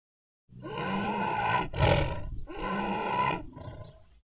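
Tiger growling in two long, rough, rumbling bursts with a brief louder snarl between them, then trailing off.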